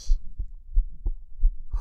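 Low, dull heartbeat thumps, with the heartbeat slowing down. Heard during a guided sleep-induction session.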